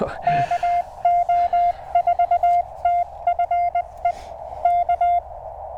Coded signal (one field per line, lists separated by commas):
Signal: Morse code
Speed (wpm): 20 wpm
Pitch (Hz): 700 Hz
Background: none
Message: KO4TFE K